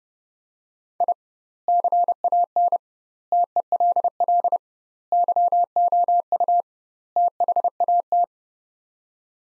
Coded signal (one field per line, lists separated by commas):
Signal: Morse code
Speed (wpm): 32 wpm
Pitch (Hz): 700 Hz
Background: none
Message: I CAN TELL YOU THAT